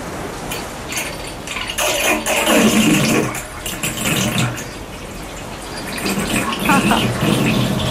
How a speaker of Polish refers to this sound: To było takie spuszczanie wody z wanny.